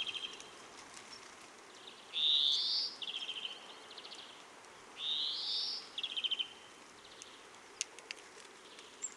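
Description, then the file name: European greenfinch giving a short trill, then two long, rising, buzzy wheezes, each followed by a short, dry, rattling trill. "Chloris chloris"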